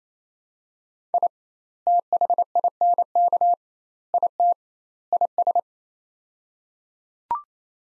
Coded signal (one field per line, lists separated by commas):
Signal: Morse code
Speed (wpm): 28 wpm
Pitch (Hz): 700 Hz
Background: none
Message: I THINK IT IS